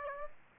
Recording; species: mosquito wingbeat signal from an infrared sensor; Aedes aegypti